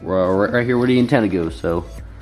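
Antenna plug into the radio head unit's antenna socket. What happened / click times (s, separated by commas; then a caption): Handled, not yet home: no seating click before the antenna plug goes in / none. Someone talks while holding an antenna plug at the antenna socket of a new Dynavin N7 Pro radio head unit being installed in a 2011–2014 Mustang, kept so the radio still works. Faint background music runs under the voice, and a small sound comes near 2.2 s as the voice fades. The plug has not seated or clicked into the socket yet.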